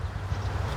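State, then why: Not seated. A .22 LR magazine is handled at the grip of a Glock pistol fitted with an Advantage Arms rimfire conversion slide, being pushed up toward the magazine well. Only a steady low rumble and broadband background hiss are heard, with no sharp transients. Nothing has seated or clicked yet.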